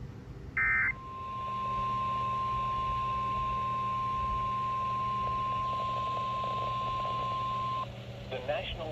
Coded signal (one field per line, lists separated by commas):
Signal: Emergency Alert System (SAME) tones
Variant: 1050 Hz attention tone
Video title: On the Water… || EAS Alerts from 7/6/22 || EAS 778-789